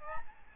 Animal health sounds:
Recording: mosquito wingbeat signal from an infrared sensor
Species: Aedes albopictus

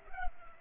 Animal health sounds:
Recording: mosquito wingbeat signal from an infrared sensor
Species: Culex pipiens

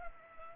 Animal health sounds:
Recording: mosquito wingbeat signal from an infrared sensor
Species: Culex pipiens

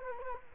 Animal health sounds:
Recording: mosquito wingbeat signal from an infrared sensor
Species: Culex quinquefasciatus

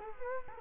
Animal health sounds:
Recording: mosquito wingbeat signal from an infrared sensor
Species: Culex quinquefasciatus

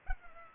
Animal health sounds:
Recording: mosquito wingbeat signal from an infrared sensor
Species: Culex pipiens

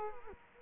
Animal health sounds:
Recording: mosquito wingbeat signal from an infrared sensor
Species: Culex quinquefasciatus

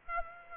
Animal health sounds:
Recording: mosquito wingbeat signal from an infrared sensor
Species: Aedes aegypti

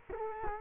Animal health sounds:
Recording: mosquito wingbeat signal from an infrared sensor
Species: Culex quinquefasciatus

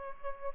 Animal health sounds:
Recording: mosquito wingbeat signal from an infrared sensor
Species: Aedes aegypti

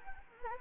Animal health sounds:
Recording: mosquito wingbeat signal from an infrared sensor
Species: Anopheles gambiae

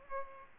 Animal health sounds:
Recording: mosquito wingbeat signal from an infrared sensor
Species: Culex pipiens

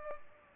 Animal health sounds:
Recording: mosquito wingbeat signal from an infrared sensor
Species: Culex pipiens

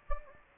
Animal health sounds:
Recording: mosquito wingbeat signal from an infrared sensor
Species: Anopheles gambiae

